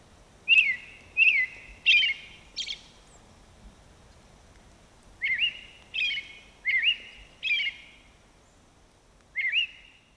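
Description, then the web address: American robin song: short clear whistled phrases, rising and falling, given in a quick run of four, a pause, then four more and one after, over a quiet background. "soundandlightecologyteam. AMRO SP"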